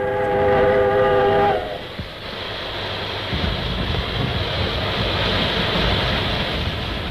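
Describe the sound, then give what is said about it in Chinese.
A steam locomotive gives a short, steady whistle for about a second and a half, then loud, continuous hissing of released steam and low rumbling as it comes to a halt beside a parked ammunition train. “换上铁路工人的服装，乘着一台机车，紧靠着敌人停放的弹药列车站住。”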